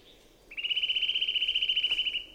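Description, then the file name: Eurasian nuthatch giving a single rapid trill of even, repeated notes lasting well over a second, strong and clear over quiet background. "Sitta europaea"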